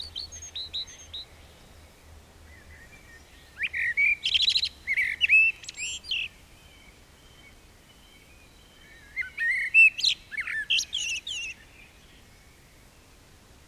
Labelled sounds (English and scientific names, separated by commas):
Common Blackbird (Turdus merula) song